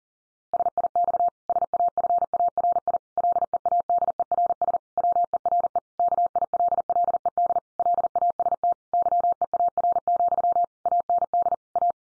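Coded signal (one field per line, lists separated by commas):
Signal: Morse code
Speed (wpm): 40 wpm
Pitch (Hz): 700 Hz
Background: none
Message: SIX SAFARI LEADERS WERE KILLED LAST YEAR, AND A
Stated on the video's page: Head-copy sentence practice at 40 wpm.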